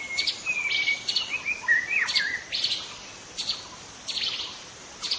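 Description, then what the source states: White-rumped shama song: a clear level whistle followed by sliding, looping whistled notes, then bursts of harsh high chatter with short pauses between. In forest.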